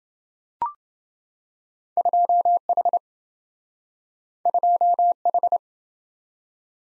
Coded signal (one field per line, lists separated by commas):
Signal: Morse code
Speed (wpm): 27 wpm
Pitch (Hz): 700 Hz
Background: none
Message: 2H 2H